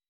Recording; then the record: hydrophone in a shrimp aquaculture tank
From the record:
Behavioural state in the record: weakened